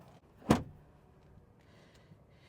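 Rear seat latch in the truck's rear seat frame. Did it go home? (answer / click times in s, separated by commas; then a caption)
released / 0.5 s. The rear seat latch in a Tesla Cybertruck's rear seat frame is pulled to release the seat so it can be laid down. A single sharp latch click sounds at 0.5 s over quiet background noise, and the seat is released.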